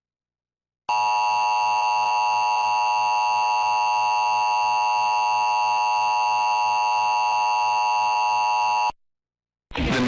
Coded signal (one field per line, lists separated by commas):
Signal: Emergency Alert System (SAME) tones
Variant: 853 and 960 Hz attention tone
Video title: Required Monthly Test & Severe Thunderstorm Warnings on TV! (EAS #687 - 696)